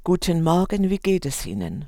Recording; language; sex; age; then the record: spoken sentence; German; female; 70 to 79 years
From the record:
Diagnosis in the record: recurrent laryngeal nerve paralysis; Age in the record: 72 years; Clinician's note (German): Links, strumiprive, geringe Restbeweglichkeit